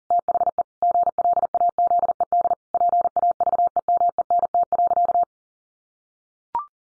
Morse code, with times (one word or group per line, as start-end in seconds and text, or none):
0.1-0.6 THE
0.8-2.5 GLAZED
2.7-5.2 PAVEMENT.